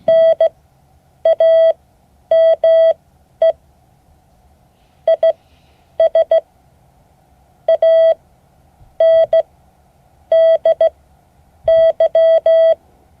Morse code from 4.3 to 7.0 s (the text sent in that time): IS